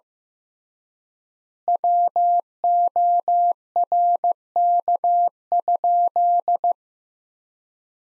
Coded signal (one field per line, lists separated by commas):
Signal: Morse code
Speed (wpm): 15 wpm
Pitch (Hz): 700 Hz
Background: none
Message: WORK?